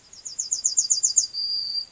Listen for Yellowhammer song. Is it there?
yes